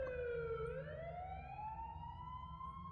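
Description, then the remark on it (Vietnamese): An ambulance siren wails loudly and steadily, its pitch dipping and then sweeping slowly upward over a low rumbling engine drone, with no talking. “Tiếng còi xe vẫn vang lên inh ỏi, không biết là cấp cứu ca nào đây.”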